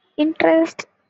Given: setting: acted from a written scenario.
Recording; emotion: vocal sound without words; interest